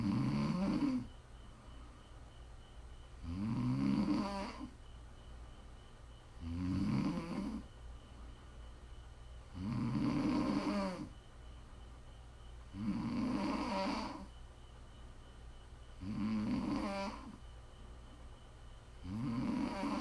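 A sleeping adult snores in regular, low, rattling snores at about 19 per minute, each lasting over a second, with quiet gaps between them.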